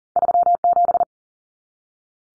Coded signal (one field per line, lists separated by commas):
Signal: Morse code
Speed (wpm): 40 wpm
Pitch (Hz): 700 Hz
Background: none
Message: 37